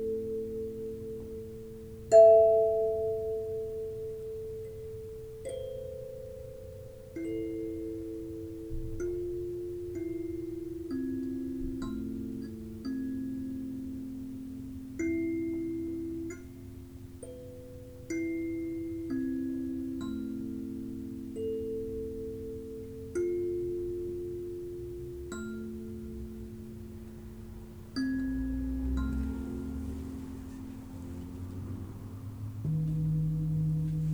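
Singing bowls ring in slow succession, each new strike every two to three seconds layering a fresh pure tone over the long fading ones. The strongest hit lands near two seconds. Near the end a softer, rougher shimmer and a low murmur join in.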